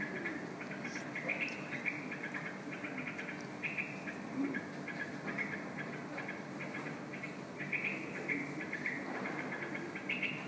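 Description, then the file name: Bulbul calls, short chirping notes repeated irregularly throughout over background noise. "Bulbuls-calls-Ilsa Sharp"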